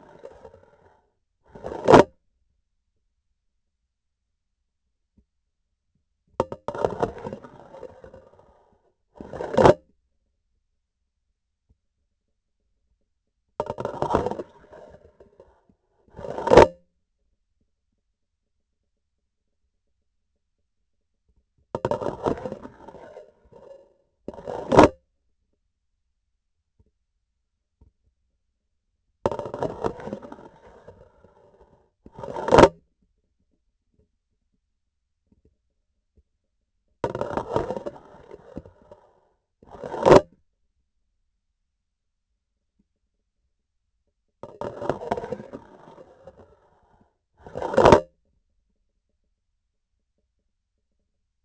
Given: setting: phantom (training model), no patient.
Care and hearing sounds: laparoscopic instrument, vibration sensor on the handle end; grasping forceps; insertion and removal through the trocar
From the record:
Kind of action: spatial motion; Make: other than Olympus

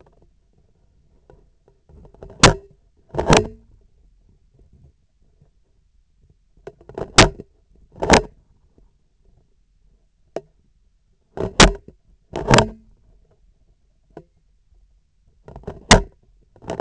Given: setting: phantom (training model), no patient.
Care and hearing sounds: laparoscopic instrument, vibration sensor on the handle end; scissors; opening and closing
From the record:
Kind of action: tool actuation without material contact

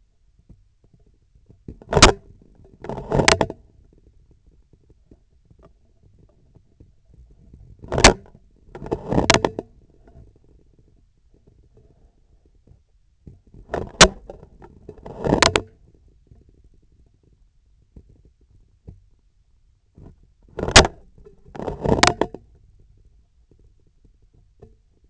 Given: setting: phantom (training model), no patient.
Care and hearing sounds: laparoscopic instrument, vibration sensor on the handle end; scissors; opening and closing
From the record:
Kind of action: tool actuation without material contact

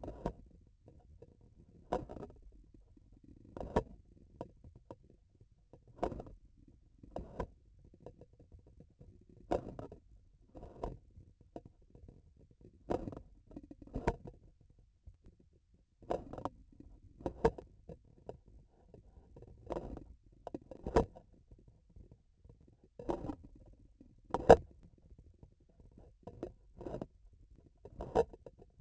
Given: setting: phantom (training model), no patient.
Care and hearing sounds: laparoscopic instrument, vibration sensor on the handle end; grasping forceps; opening and closing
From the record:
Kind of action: tool actuation without material contact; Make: Olympus

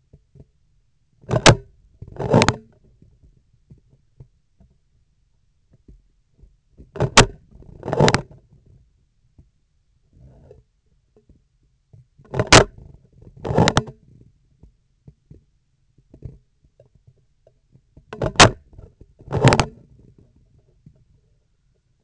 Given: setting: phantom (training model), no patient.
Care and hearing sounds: laparoscopic instrument, vibration sensor on the handle end; scissors; opening and closing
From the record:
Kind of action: tool actuation without material contact

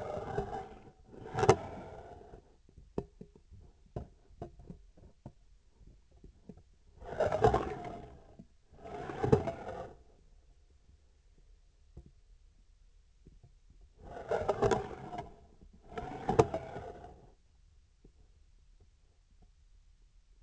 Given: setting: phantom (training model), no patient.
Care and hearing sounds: laparoscopic instrument, vibration sensor on the handle end; scissors; approaching and retracting movements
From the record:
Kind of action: spatial motion

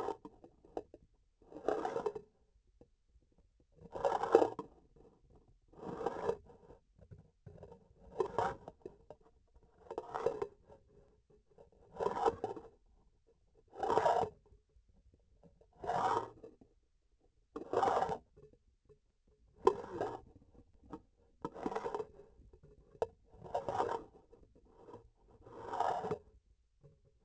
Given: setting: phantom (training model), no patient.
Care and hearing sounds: laparoscopic instrument, vibration sensor on the handle end; grasping forceps; approaching and retracting movements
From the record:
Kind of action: spatial motion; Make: Olympus

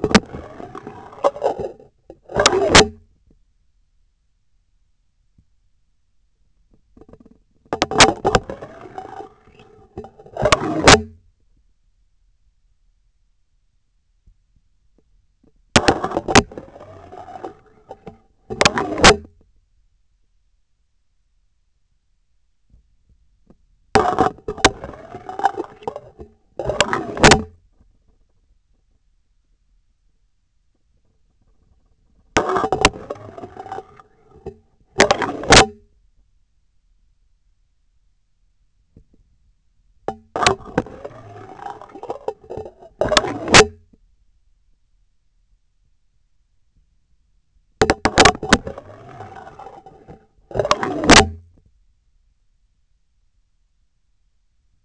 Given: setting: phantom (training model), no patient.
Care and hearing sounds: laparoscopic instrument, vibration sensor on the handle end; scissors; insertion and removal through the trocar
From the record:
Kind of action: spatial motion

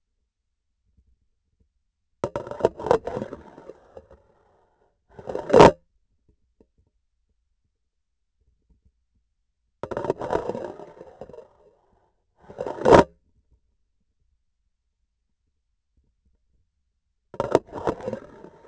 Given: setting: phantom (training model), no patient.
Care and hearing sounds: laparoscopic instrument, vibration sensor on the handle end; grasping forceps; insertion and removal through the trocar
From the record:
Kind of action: spatial motion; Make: other than Olympus

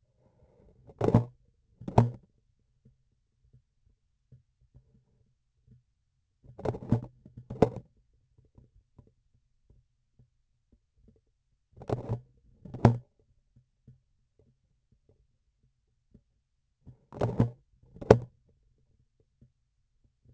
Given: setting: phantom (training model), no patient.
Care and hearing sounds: laparoscopic instrument, vibration sensor on the handle end; grasping forceps; opening and closing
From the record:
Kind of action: tool actuation without material contact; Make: other than Olympus

